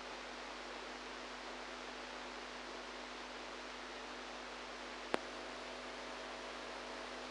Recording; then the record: brain microelectrode recording played as sound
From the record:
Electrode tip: outside the subthalamic nucleus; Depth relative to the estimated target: 0 mm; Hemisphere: right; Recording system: NeuroSet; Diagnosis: Parkinson's disease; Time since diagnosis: 8 years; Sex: female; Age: 45 years